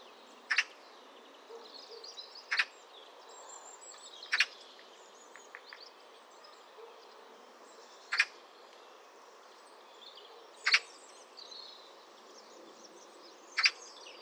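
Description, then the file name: Eurasian magpie uttering six harsh, grating single calls at uneven intervals. "Pica pica"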